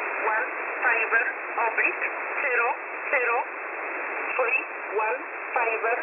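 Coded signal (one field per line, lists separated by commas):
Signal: numbers station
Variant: E11 Oblique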